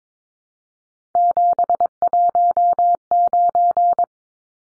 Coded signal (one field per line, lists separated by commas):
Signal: Morse code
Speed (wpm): 22 wpm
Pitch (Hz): 700 Hz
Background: none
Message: 719